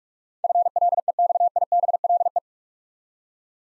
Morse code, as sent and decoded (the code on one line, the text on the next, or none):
..-. .-.. . -..- .. -... .-.. .
FLEXIBLE